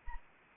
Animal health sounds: mosquito wingbeat signal from an infrared sensor; Anopheles arabiensis

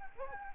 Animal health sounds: mosquito wingbeat signal from an infrared sensor; Anopheles gambiae

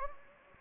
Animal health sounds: mosquito wingbeat signal from an infrared sensor; Anopheles gambiae

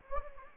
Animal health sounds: mosquito wingbeat signal from an infrared sensor; Anopheles gambiae

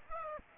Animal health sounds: mosquito wingbeat signal from an infrared sensor; Aedes aegypti

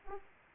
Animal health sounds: mosquito wingbeat signal from an infrared sensor; Aedes aegypti

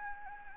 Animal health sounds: mosquito wingbeat signal from an infrared sensor; Anopheles gambiae

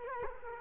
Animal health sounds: mosquito wingbeat signal from an infrared sensor; Culex quinquefasciatus

